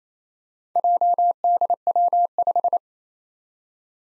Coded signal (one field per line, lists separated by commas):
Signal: Morse code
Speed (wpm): 27 wpm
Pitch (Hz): 700 Hz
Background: none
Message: JDW5